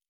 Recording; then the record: hydrophone in a shrimp aquaculture tank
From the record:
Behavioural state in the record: normal